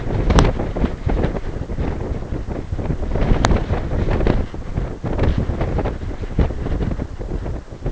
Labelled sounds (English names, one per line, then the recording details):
none
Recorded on Arctic tundra, site NAIT-1, on 20 June 2018
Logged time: 23:00